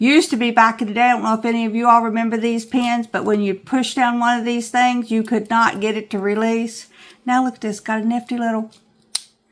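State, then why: Released. Someone talks while handling a plastic multi-color retractable ballpoint pen, then presses its small clicker. A sharp click at 9.2 s releases a pushed-down color refill from its latch, and the refill springs back up.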